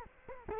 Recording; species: mosquito wingbeat signal from an infrared sensor; Culex quinquefasciatus